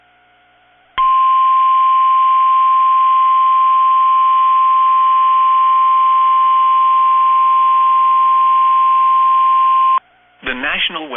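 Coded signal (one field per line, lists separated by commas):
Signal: Emergency Alert System (SAME) tones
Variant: 1050 Hz attention tone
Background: speech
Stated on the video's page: Severe thunderstorm warnings from NOAA weather radio station KIG86, Columbus, Ohio.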